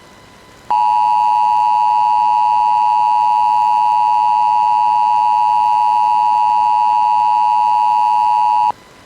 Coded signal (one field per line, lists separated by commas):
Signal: Emergency Alert System (SAME) tones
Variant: 853 and 960 Hz attention tone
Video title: EAS - SILVER Alert Issued for Arizona